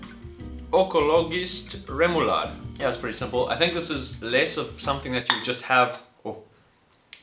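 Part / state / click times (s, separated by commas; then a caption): lid or seal on a remoulade sauce container / released / 7.1 s. Someone talks while a container of remoulade sauce is opened, then the talk stops and the room goes quiet. A single sharp click at 7.1 s marks the lid or seal of the container coming open.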